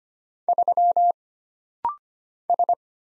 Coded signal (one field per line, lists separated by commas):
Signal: Morse code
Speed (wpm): 25 wpm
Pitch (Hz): 700 Hz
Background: none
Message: 3 S